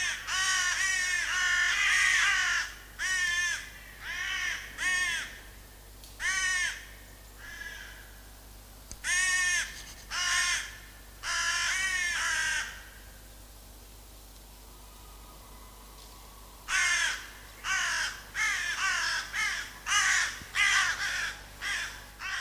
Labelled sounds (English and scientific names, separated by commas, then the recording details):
Carrion Crow (Corvus corone) flight call
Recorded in the wild
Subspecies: corone
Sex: group
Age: adult
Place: Tiergarten Nürnberg, Bayern, DE
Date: 1998-11-13
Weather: overcast, ca. 2 bis 3°C
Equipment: Sony MD-WM MZ-R3, Sennheiser MKH 416 T, Kopie Uher 4000 Report Monitor
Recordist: Tembrock, Günter